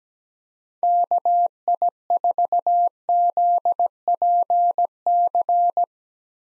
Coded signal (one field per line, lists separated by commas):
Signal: Morse code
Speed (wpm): 17 wpm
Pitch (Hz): 700 Hz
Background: none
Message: KI4ZPC